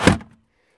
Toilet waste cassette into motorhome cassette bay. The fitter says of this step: went locks into place okay